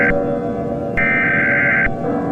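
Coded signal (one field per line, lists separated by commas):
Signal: Emergency Alert System (SAME) tones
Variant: header bursts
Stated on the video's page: Fictional EAS scenario using valid EAS tones.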